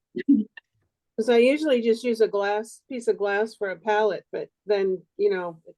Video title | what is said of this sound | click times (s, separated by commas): Using Gesture in landscape painting for design. Painting lessons and demonstrations | you guys can hear it clicking shut | 0.6 s